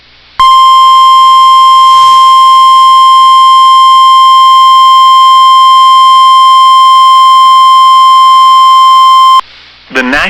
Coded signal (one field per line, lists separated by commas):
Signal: Emergency Alert System (SAME) tones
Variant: 1050 Hz attention tone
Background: speech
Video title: [EAS Compilation] Severe Thunderstorm Warnings With 80 mph Wind Gusts on NOAA Weather Radio WXM99